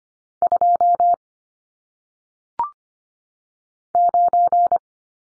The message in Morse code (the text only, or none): 2 9